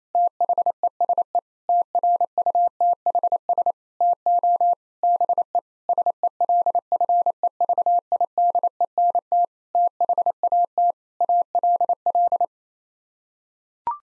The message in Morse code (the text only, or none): THESE TRUTHS TO BE SELFEVIDENT THAT ALL